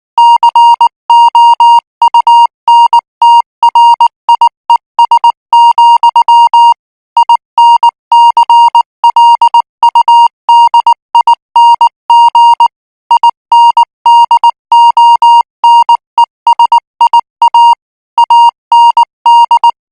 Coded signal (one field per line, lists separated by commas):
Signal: Morse code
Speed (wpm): 19 wpm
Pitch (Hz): 940 Hz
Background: music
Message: COUNTRIES, INCLUDING INDONESIA AND